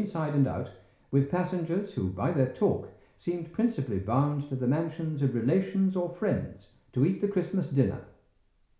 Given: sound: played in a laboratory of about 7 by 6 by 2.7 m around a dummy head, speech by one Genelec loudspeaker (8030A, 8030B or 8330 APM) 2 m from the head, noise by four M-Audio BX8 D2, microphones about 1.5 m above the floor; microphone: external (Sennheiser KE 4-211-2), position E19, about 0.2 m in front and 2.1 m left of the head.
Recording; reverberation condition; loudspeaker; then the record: male speech in English; medium; 90 degrees to the left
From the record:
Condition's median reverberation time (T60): about 510 ms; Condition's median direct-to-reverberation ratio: about -0.5 dB